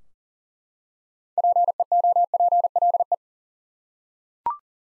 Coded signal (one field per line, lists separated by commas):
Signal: Morse code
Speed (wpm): 37 wpm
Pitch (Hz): 700 Hz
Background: none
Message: PEOPLE